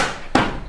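A trim piece on a Ford F250 with a 9 inch lift and 26s has its clips lined up and is pushed onto the truck body. Over a steady background hiss, a single sharp snap rings out at 0.4 s as the clips seat home, and the trim piece is fully seated.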